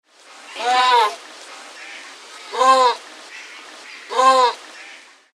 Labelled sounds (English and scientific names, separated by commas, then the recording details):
Magellanic Penguin (Spheniscus magellanicus)
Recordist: Tembrock, Günter
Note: Rufe